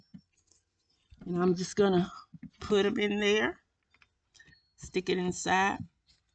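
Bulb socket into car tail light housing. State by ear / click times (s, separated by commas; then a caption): not seated / none. Someone talks while handling a tail light bulb socket, pushing it into the plastic tail light housing of a 2011 Mercedes C300 4matic to be turned to lock. Only faint handling ticks are heard between the speech. Nothing has seated or clicked yet; the socket is not yet home when the clip ends.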